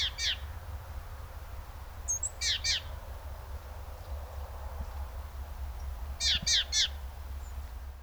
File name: Parus major